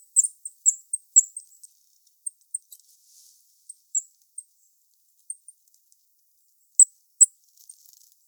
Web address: regulus regulus call